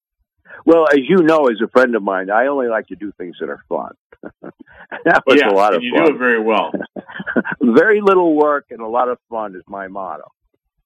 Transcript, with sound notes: Well, as you know as a friend of mine, I only like to do things that are fun. (laughs) That was a lot of fun.
Yeah, and you do it very well.
(laughs) Very little work and a lot of fun is my motto.